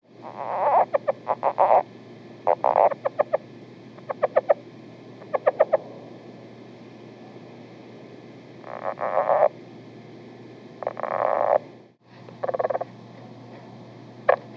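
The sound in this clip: Lowland leopard frog calls: bursts of rapid pulsed clicks and longer low grating snores, in clusters separated by short pauses, over a steady low hum.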